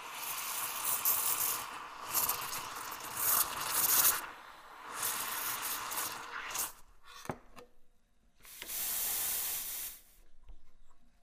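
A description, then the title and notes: A coffee machine's steam wand hisses in bursts, loud and bright, surging from the start to about seven seconds with a gurgling, bubbling edge. After a short pause with a click and a faint knock, a steadier hiss returns near eight and a half seconds, then cuts off abruptly. Coffee Machine Steam.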